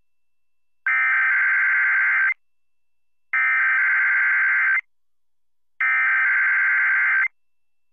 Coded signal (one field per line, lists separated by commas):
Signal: Emergency Alert System (SAME) tones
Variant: header bursts